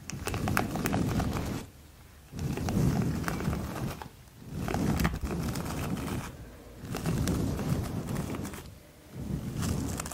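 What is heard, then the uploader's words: Layered haircut and wash sounds come in regular bursts of thick, rough rushing and rustling, each about a second and a half long, with short quiet gaps roughly every two seconds. The noise sits heavy and low, with crackly ticks scattered over the top. ASMR Sleepyhead Spa (unisex) Haircut & Wash layered sounds, personal attention role play.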